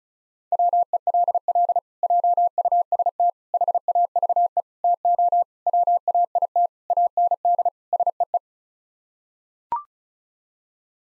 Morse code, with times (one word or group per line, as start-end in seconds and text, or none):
0.5-1.8 WELL
2.0-3.3 JUST
3.5-4.6 HAVE
4.8-5.4 TO
5.7-6.7 WAIT
6.9-7.7 AND
7.9-8.4 SEE